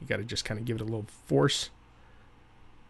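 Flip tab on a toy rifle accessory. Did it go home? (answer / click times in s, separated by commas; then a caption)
no / none. Someone talks while pushing the stiff flip tab on a plastic toy rifle accessory for a Hasbro MP-06 Bluestreak back into place, and the first push is not enough. Speech fills the first 1.7 seconds, then only faint background noise remains. The tab has not clicked back into place yet.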